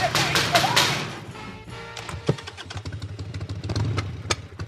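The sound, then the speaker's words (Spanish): The engine of a motorcycle being ridden runs with a steady low, throbbing rumble, punctuated by a few sharp clicks and clattering bursts, with a louder rush of noise in the opening second. “Voy en moto, dándome el aire en la cara, y los pájaros volando, echándome sus cagadas.”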